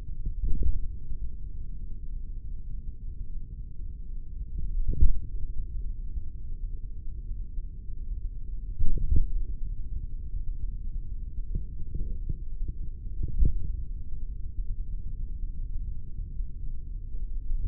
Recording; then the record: forearm muscle sounds (acoustic myography)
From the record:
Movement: tripod grip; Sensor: system 3, bracelet of six PUI Audio POM-2738L microphones around the upper forearm, with dedicated amplification and filtering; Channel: 2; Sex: male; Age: 56 years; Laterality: right